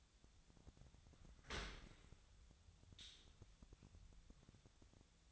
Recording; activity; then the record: daily activity, microphone in the room; open dishwasher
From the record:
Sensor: 3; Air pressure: 1006.8 hPa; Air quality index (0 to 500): 207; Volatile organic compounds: 19 ppm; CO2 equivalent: 2646 ppm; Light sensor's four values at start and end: 10/25/10/10 and 10/25/10/10